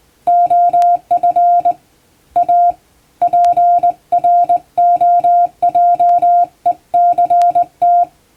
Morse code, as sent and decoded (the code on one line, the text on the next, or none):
--- ..-. / .- / .--. .-. --- .--- . -.-. -
OF A PROJECT